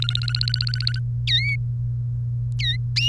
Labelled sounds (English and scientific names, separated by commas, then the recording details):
Domestic Canary (Serinus canaria) song
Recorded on 1 May 2018 at 14:41
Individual llb3